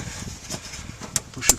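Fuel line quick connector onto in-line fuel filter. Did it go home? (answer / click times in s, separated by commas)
yes / 1.2 s, 1.5 s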